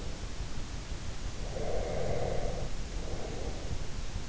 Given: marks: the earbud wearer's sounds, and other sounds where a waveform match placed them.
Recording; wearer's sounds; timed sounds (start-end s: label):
sounds in sleep by an in-ear microphone; breath
1.43-3.83 s: breath